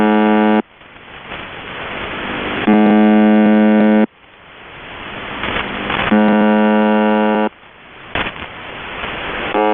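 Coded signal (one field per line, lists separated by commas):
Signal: channel marker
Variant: UVB-76 (The Buzzer)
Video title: The Buzzer (4625khz) - Live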